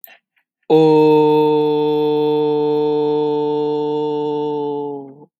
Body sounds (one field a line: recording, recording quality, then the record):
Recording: sustained vowel as in boot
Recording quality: excellent, no background noise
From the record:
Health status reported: healthy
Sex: male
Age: 28 years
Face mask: not worn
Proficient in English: yes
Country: United States